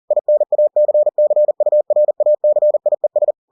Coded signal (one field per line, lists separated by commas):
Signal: Morse code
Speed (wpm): 40 wpm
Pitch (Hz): 600 Hz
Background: none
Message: INACCURACIES